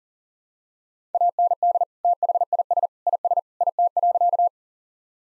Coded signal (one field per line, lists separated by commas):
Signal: Morse code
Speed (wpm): 40 wpm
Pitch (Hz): 700 Hz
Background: none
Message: AND THIS IS IT.